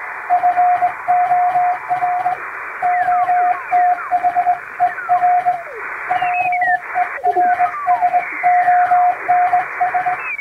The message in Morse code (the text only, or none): FOR OTHER PERSONS